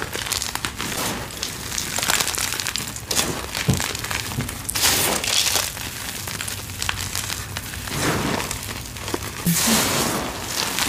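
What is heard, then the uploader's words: Crunchy dyed gym chalk is crushed in a steady run of dry, gritty crackling. The sound is bright and dense, swelling into louder grinding bursts around three, five, eight and ten seconds, with faint crumbly rustling between them. Crunchy Dyed Gym Chalk Crush. Crunchy gym chalk crushing, ocks and cubes, covered in baby oil and crushed for ASMR stress relief.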